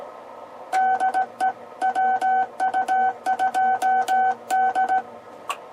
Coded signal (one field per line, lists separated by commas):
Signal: Morse code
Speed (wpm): 16 wpm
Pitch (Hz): 760 Hz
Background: none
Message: DE WU2D